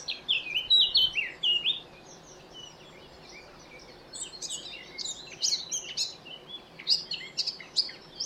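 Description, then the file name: Eurasian blackcap song: a short burst of loud whistled notes, a pause of about two seconds, then a longer run of quick, varied chattering warbles. "Sylvia atricapilla"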